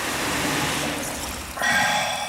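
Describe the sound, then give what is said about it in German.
Water pours out of a bucket in a steady, hissing rush that grows louder and brighter partway through, a continuous splashing gush with no voices. “Iwan brachte noch einen Eimer Wasser.”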